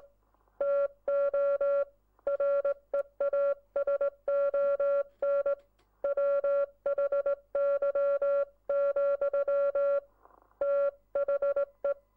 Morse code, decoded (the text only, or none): TO REASON WHY, THE